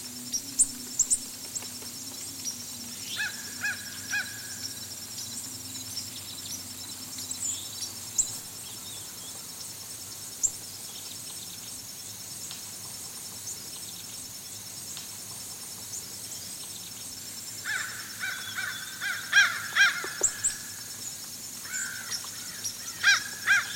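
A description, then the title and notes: Fish crows give short nasal caws in clustered bursts, around 3–7 seconds and again from about 17 seconds to the end. A thin, steady insect hiss runs high throughout, with scattered bird chips and a low hum fading after eight seconds. Fish crows become inquisitive and call to each other as yellow jumped warblers and white throated sparrows sing nearby.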